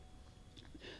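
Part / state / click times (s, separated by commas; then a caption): steering damper bracket onto motorcycle top triple clamp/steering stem / seated / 0.6 s. A steering damper mounting bracket for a 2013 Kawasaki 636 GPR steering damper install is placed over the steering stem nut area on the motorcycle's top triple clamp and lined up with its notch. It snaps into place with a sharp click at 0.6 s, followed by a softer tick just after, over a low background hiss. The bracket is seated.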